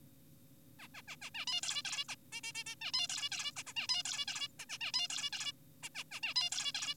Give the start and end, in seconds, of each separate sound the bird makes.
0.79-0.88, 0.94-1.02, 1.08-1.16, 1.22-1.30, 1.35-1.46, 1.48-1.61, 1.63-1.82, 1.85-2.04, 2.09-2.16, 2.32-2.41, 2.44-2.52, 2.55-2.64, 2.66-2.75, 2.82-2.92, 2.94-3.07, 3.10-3.29, 3.32-3.52, 3.56-3.63, 3.67-3.74, 3.76-3.87, 3.89-4.03, 4.05-4.25, 4.28-4.48, 4.60-4.66, 4.70-4.78, 4.81-4.92, 4.94-5.08, 5.10-5.30, 5.33-5.52, 5.83-5.89, 5.95-6.04, 6.12-6.20, 6.23-6.34, 6.36-6.50, 6.52-6.72, 6.75-6.94